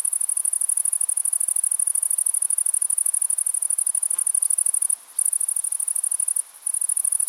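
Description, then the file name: Grasshopper giving an almost unbroken, fast-pulsed high buzz, interrupted only twice by brief breaks. "Gräshoppa"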